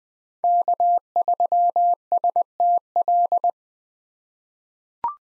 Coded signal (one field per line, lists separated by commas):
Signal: Morse code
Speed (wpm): 20 wpm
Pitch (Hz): 700 Hz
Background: none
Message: K3STL